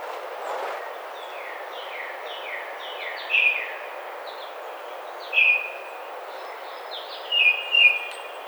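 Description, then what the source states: Baltimore oriole whistling a series of downslurred fluty notes, faint at first, then louder phrases every two seconds or so, over steady hiss. Recorded on 27 May 2009.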